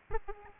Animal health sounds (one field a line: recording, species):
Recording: mosquito wingbeat signal from an infrared sensor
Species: Aedes albopictus